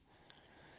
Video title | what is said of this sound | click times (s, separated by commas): CIGA Design The Magician - Three Watches for the Price of One! | and it snaps right into place. | 0.3 s, 0.4 s